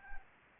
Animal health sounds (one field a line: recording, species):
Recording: mosquito wingbeat signal from an infrared sensor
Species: Anopheles arabiensis